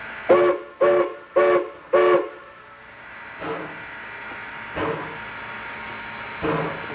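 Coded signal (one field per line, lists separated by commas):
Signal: train horn signal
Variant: steam locomotive whistle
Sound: four short steam whistle blasts, chord-like, followed by fainter distant echoes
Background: outdoor ambience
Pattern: 4 short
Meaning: Call for orders; engine ready and waiting for directions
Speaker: Four shorts is another signal which is in common usage. Uh it's a call for orders.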